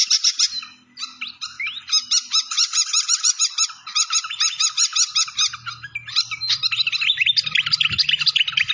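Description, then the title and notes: Malaysian pied fantail song, a dense nonstop stream of fast chirps and trills with scattered upslurred whistles, continuing almost without a break; a soft low rumble appears near the end. Clear-voiced song used for training cage birds, mixed with the sound of flowing water. "Masteran Sikatan Kipas Suara Jernih Dan Suara Gemericik Air. Suara Burung Sikatan Londo"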